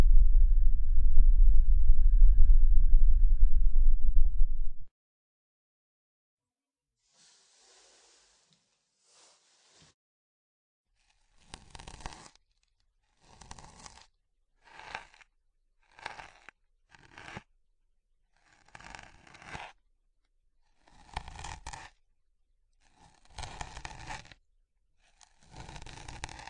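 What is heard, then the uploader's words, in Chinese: Hair being combed and massaged. It opens with about five seconds of deep, dense rumbling, then silence, followed by a run of short, bright bristly strokes every second or so, each a quick scratchy sweep, continuing to the end. 梳头+按摩。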